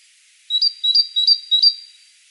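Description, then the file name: Great tit with four clear low-high whistled couplets in quick, even succession; background otherwise silent. "Parus major"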